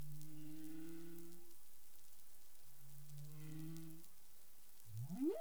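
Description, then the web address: Humpback whale vocalizing: two drawn-out low moans with stacked harmonics, then a quick rising sweep at the end. Caribbean, 19 April 2021, 08:14 UTC. "CARIMAM clean data humpback whale"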